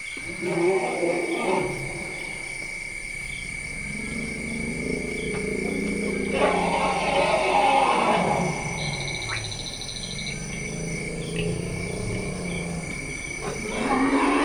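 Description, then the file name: African forest elephant calls: low, groaning harmonic rumbles that rise and fall across several seconds, with rougher bursts at the start and end, while insects buzz steadily. Recorded in the Central African Republic. "The Elephants In The Room Dzanga Bai Central African Republic"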